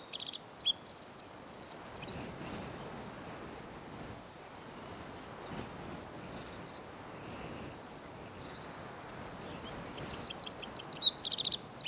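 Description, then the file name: Eurasian wren song: rapid high trills and sharp notes in two loud bursts, at the start and again near the end, with a quieter gap between. "Troglodytes troglodytes"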